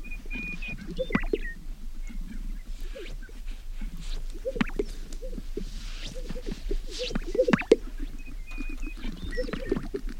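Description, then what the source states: Sage grouse chorus of low popping and plopping notes from several birds, with brief swishing bursts and some high thin whistled notes. A group of sage grouse.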